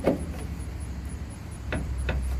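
A tail light housing on a 2005 Dodge Dakota truck, its two screws already removed, is pulled rearward off the truck body by hand with some force. Two sharp pops at 1.7 s and 2.1 s mark the two suction-cup-like side retaining clips popping free. The housing is released and out of the body.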